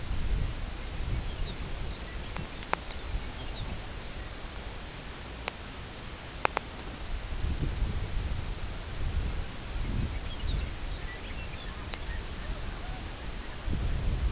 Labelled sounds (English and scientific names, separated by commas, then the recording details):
Lapland Longspur (Calcarius lapponicus), unidentified sound
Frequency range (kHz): Lapland Longspur (Calcarius lapponicus) 1.5-6.5 kHz
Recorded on Arctic tundra, site CORI-1, on 18 June 2018
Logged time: 22:00